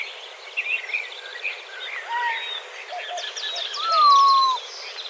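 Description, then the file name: Montezuma quail giving one clear, falling whistled note near the end, amid busy twittering from other birds. Recorded in Arizona on 17 May 2004. "MONTEQUAIL 051704"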